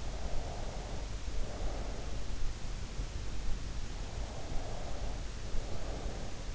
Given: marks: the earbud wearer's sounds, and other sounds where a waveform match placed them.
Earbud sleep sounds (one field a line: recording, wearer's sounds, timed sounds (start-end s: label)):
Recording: sounds in sleep by an in-ear microphone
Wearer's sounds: breath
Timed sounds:
0.09-2.17 s: breath
4.22-6.33 s: breath